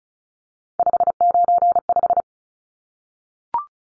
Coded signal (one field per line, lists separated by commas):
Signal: Morse code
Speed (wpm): 34 wpm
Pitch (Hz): 700 Hz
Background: none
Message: 595